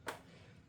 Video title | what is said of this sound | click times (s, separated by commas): 800MT cnc waterpump impeller install | You're going to hear one click or one step. | 0.1 s